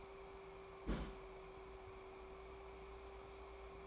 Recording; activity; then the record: daily activity, microphone in the room; place on stove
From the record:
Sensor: 1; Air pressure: 1010.3 hPa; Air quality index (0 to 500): 172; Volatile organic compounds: 12 ppm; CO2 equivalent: 2367 ppm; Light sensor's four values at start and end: 65/162/69/86 and 64/161/68/86